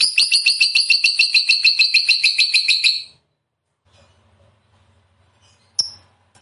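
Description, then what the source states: Lovebird chatter: three seconds of rapid, regular high trilled pulses, then near silence with a faint low hum and one brief chirp. Fighter-type lovebird described as gacor, meaning in full, frequent song.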